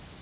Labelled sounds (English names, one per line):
Yellow Warbler flight call